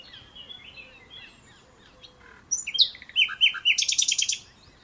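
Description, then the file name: Common nightingale with soft scattered notes at first, then a loud phrase of sharp whistles leading into a buzzy, rapidly repeated rattle. "Luscinia megarhynchos"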